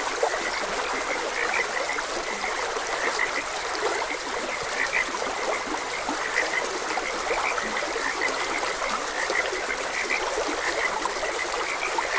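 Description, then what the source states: Overlapping frog croaks pulse on without a break, short and chirpy, beside a constant background of trickling water. Frogs croaking beside a gentle stream.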